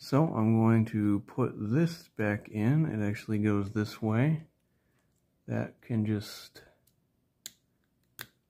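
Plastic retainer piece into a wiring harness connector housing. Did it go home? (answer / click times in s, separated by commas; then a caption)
yes / 7.5 s. On a '96–'01 Jeep Cherokee XJ being swapped from an NP231 to an NP242 transfer case, the plastic retainer piece is pushed back into the housing of the transfer case indicator sensor pigtail connector after a third wire has been added. Someone talks, then after a pause a sharp click at 7.5 s marks the retainer snapping back in and seating. Fainter ticks follow around 6.9 s and 8.2 s.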